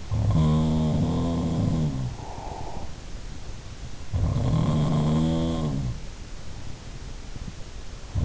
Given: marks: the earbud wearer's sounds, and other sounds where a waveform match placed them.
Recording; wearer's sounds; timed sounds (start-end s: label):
sounds in sleep by an in-ear microphone; breath
0.00-3.19 s: sound from someone else or the room
1.76-3.19 s: breath
4.03-6.21 s: sound from someone else or the room